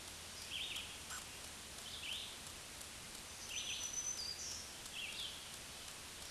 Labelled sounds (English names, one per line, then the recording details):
Black-throated Green Warbler song
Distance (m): 35 m
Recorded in a Pennsylvania forest on 1 June 2023 at 06:10
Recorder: AudioMoth, point grid3_11_low
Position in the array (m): 234 m, 120 m